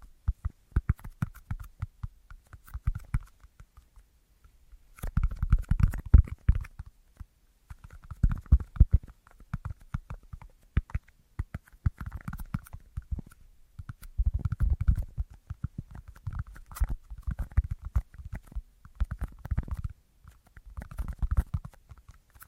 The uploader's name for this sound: Tapping Assortment